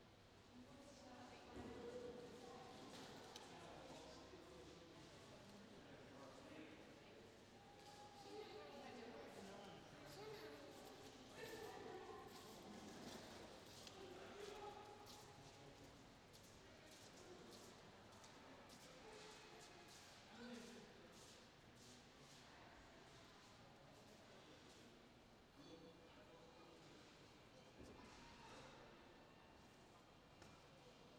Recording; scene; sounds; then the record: everyday scene through a hearing-aid microphone; reverberant space; background noise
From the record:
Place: railway station hall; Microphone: in the ear canal, left